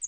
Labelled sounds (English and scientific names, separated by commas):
Northern Parula (Setophaga americana) flight call